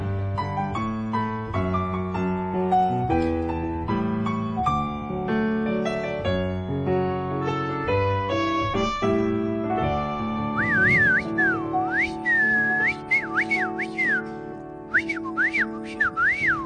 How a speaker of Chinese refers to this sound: 呢啲系咩雀？你知唔知？